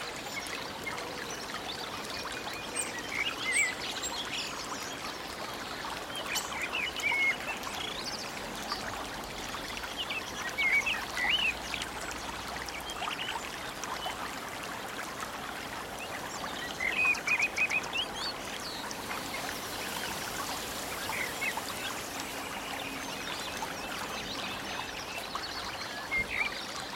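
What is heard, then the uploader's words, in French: Running water pours steadily through a deep forest, with rustling leaves and brief high bird chirps every few seconds. Forêt profonde - Eau qui court, feuilles et oiseaux. Le doux bruissement des feuilles, le chant mélodieux des oiseaux et le murmure paisible du ruisseau.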